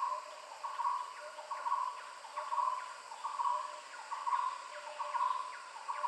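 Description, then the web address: Barbet uttering a soft, even series of low hollow notes, about one a second, over a constant hiss of background noise. "animal-sound barbet-sound"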